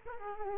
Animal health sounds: mosquito wingbeat signal from an infrared sensor; Culex quinquefasciatus

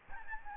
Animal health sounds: mosquito wingbeat signal from an infrared sensor; Aedes aegypti

